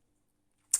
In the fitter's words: faire un petit levier et entendre un clic bon voilà à